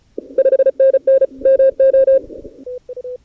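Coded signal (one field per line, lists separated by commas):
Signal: Morse code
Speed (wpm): 34 wpm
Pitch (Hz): 1600 Hz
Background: none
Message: 5NN MO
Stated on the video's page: Live on-air CW from the ARRL DX CW Contest at a Curacao contest station.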